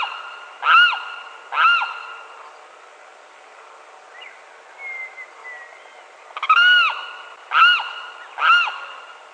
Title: LuckyPassaro Completos2Sama. Limpkin (Aramus guarauna)